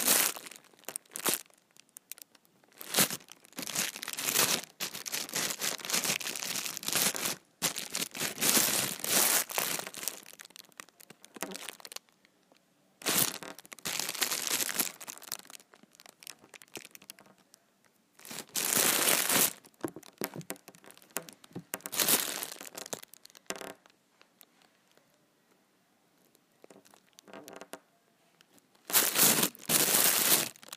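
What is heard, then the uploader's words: A big plastic trash bag is handled, crinkling and crackling in loud bursts that come and go every few seconds, with short pauses between handfuls. The rustling is bright and papery, with occasional sharp crunches. ASMR Big Ol Trash Bag.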